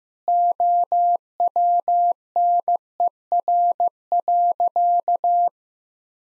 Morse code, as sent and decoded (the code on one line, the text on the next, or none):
--- .-- -. . .-. .-.-.-
OWNER.